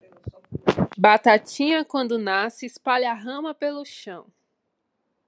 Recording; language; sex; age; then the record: short text; Brazilian Portuguese; female; 20 to 29 years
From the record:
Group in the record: control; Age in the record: 27 years